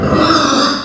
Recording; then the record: squeal of a Yucatan mini pig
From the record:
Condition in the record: after surgery on the right vocal fold (resection and tissue-engineered implant); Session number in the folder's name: 13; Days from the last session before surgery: 113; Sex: female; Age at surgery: 19 weeks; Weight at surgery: 25 kg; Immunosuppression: prednisolone